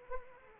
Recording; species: mosquito wingbeat signal from an infrared sensor; Anopheles arabiensis